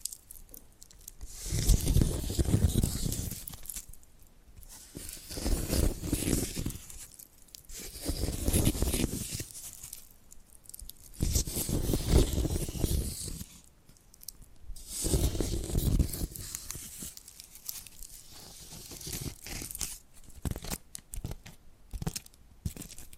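Scratching and tapping come in rough, crackly bursts lasting two to three seconds, separated by short quieter pauses, about six times over the clip. Each burst is dense and gritty, with a crunchy, tearing edge and some low thumps beneath.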